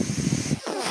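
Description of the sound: A short, low, pulsing rumble gives way to a soft airy hiss, all within under a second. It is the cycling sound of a person's own mechanical ventilator.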